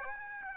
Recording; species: mosquito wingbeat signal from an infrared sensor; Aedes aegypti